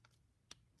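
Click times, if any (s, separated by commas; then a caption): 0.5 s. The side panels of a plastic transforming robot toy are unlatched and folded all the way down into satellite mode. A faint tick comes at 0.1 s, then a sharp, bright snap at 0.5 s as the panel locks into position, tiny but clearly audible over a low hum. The panel is seated.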